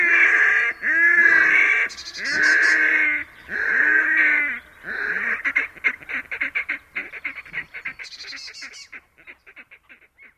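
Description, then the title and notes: Red-necked Grebe calling: four loud, harsh braying wails, then a rapid stuttering series of pulses that fades away. "Viikon luontoääni: Härkälintu. Juha Laaksonen"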